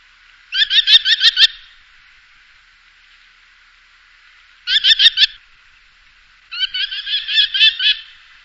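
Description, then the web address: Merlin chattering: three bursts of quick, high, shrill repeated notes separated by silent gaps, the last burst the longest. "jean roche faucon emerillon"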